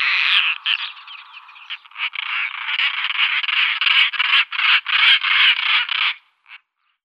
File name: European Roller